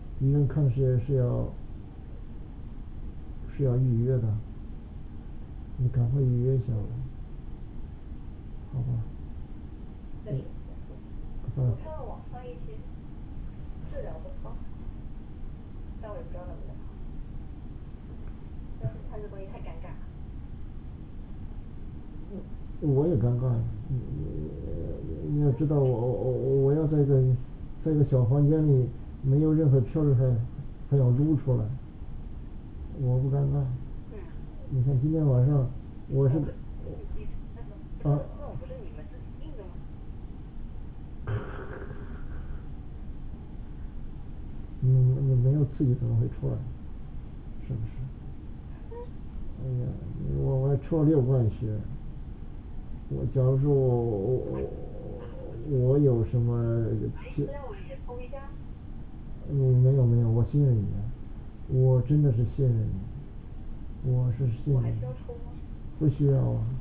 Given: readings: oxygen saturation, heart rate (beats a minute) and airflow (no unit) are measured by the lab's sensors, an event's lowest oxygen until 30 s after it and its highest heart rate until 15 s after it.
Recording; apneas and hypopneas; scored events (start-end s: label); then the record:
a person awake in a sleep study, by a smartphone at the bedside; none
0.00-66.81 s: awake
From the record:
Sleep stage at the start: awake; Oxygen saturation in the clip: 95 to 97%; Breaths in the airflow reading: 22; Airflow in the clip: -4.2 to 5.4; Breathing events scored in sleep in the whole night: 216 in 7.0 hours asleep